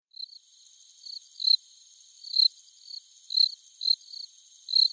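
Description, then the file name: Crickets chirping in turn, sharp high chirps and fainter replies spaced irregularly, roughly one a second, against quiet background. A pair of crickets. "Zvuk pary sverchkov"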